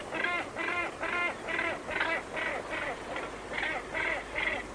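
Northern gannet giving harsh, grating calls, each rasping note repeated about twice a second in a steady run.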